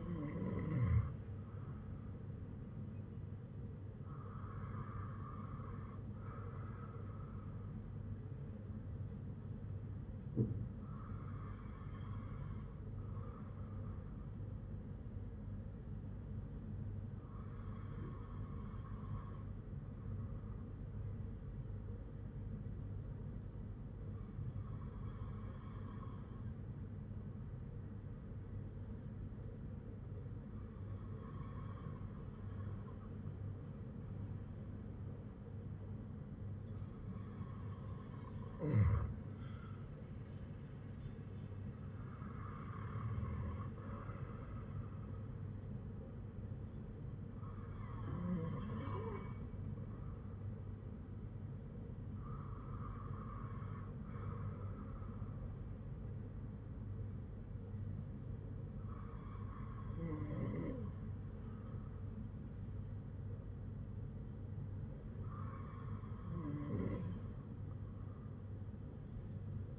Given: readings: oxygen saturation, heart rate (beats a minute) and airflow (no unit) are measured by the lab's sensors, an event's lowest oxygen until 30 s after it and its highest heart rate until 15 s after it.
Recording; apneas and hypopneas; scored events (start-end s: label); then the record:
breathing in sleep by a smartphone at the bedside; 1
17.00-39.00 s: hypopnea (N2, oxygen 97% highest, then 95% lowest, heart rate 55 at the start, 60 highest)
From the record:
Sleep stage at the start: N2 (light sleep); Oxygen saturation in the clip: 95 to 97%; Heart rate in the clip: 51 to 60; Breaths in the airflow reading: 12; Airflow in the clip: -8.5 to 7.3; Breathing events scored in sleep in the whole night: 182 in 7.4 hours asleep